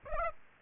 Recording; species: mosquito wingbeat signal from an infrared sensor; Aedes aegypti